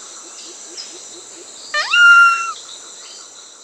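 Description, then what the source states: Solitary Cacique call: one quick rising slur into a sustained, even whistle with a fainter higher overtone, set against soft ticking insects and a high drone. Recorded in South America.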